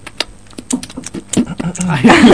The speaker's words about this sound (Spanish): El beso de la chupeteada, ¿eh? Ese es el beso de la chupeteada.